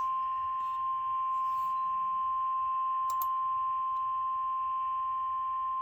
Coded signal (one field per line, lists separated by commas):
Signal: Emergency Alert System (SAME) tones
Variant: 1050 Hz attention tone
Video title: IT'S MILLE LACS TIME! (L.S. EAS #116) Severe Thunderstorm Warning